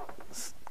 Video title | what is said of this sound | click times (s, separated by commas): Using Anderson Powerpole Connectors | clicks into place there you have it good solid connector | 0.7 s